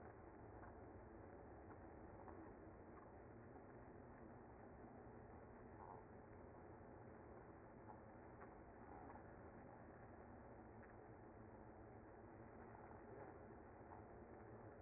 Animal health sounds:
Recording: honeybee colony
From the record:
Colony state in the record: active

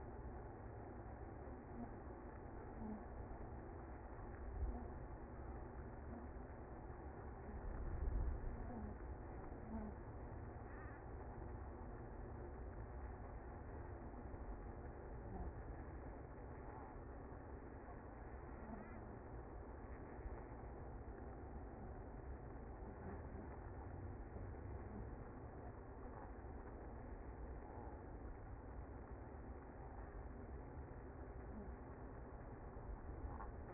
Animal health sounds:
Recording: honeybee colony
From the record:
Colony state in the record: active

